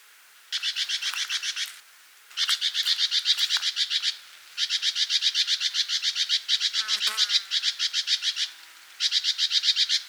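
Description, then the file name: Great tit scolding with long runs of fast, rasping churring notes in repeated bursts; a brief lower sound near the seventh second. "Parus major"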